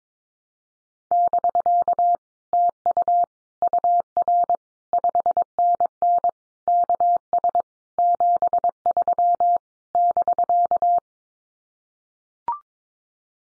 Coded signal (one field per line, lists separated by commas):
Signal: Morse code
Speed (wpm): 22 wpm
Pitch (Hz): 700 Hz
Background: none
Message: <BK> TU UR 5NN KS 73 <BK>